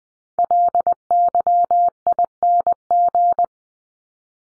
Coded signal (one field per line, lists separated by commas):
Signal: Morse code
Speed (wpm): 20 wpm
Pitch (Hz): 700 Hz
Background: none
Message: LYING